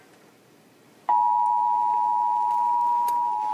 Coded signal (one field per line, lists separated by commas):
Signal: Emergency Alert System (SAME) tones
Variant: 853 and 960 Hz attention tone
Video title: TV (EAS # 200!!!!!) TN Statewide RMT